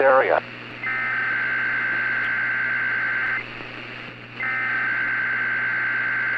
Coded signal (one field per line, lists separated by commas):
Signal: Emergency Alert System (SAME) tones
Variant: header bursts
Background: speech